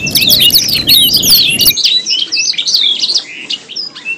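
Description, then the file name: Canary song, a fast run of high chirps and sweeping whistled notes, with a low rumble under the first part before it drops away. Simulated canary singing contest with isian (tutor fill-in songs), shared by Om Kicau. "audio-simulasi-lomba-kenari-isian 3-omkicau"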